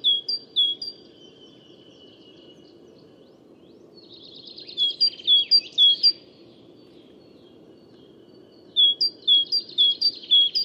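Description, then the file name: Great tit repeating crisp two-note phrases in three bursts, with a buzzy rattling trill mixed into the middle run and constant low hum behind. "Parus major"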